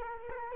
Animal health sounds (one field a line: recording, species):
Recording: mosquito wingbeat signal from an infrared sensor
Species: Culex quinquefasciatus